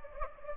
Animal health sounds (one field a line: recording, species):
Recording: mosquito wingbeat signal from an infrared sensor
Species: Anopheles gambiae